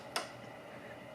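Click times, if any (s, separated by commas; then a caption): 0.2 s. The canopy of a model F-14 is lined up at the back with three small silver magnets and snaps magnetically onto the fuselage. A single short, sharp click at 0.2 s stands out against a quiet background. The canopy is seated.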